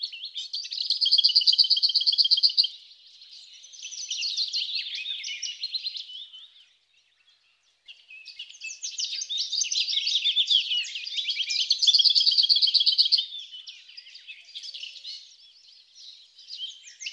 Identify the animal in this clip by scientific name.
Sylvia curruca